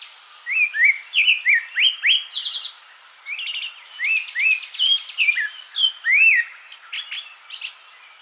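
Thrush song, a steady stream of varied whistled phrases with slurred up-and-down notes and short buzzy trills, delivered almost without pause.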